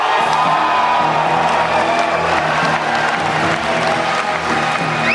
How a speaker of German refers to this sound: Alle Leute, die das Original gekauft haben, dort im Publikum gerade, diese jubeln.